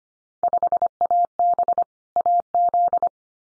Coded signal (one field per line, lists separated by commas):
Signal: Morse code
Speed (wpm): 25 wpm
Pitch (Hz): 700 Hz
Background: none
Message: 5AB AZ